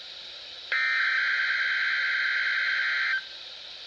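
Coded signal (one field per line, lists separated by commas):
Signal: Emergency Alert System (SAME) tones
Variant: header bursts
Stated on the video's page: Required weekly tests from NOAA weather radio stations.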